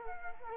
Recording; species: mosquito wingbeat signal from an infrared sensor; Culex quinquefasciatus